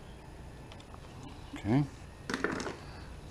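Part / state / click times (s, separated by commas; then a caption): small rubber hose onto a carburetor fitting on a small engine / seated / 2.3 s, 2.4 s. A small rubber tube is pushed onto its fitting while the carburetor is refitted on a pressure washer engine. After someone talks briefly, sharp snap clicks sound at about 2.3 s and 2.4 s. The tube is seated on the carburetor fitting.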